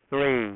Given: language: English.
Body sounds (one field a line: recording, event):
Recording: throat vibration sensor signal played as sound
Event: speech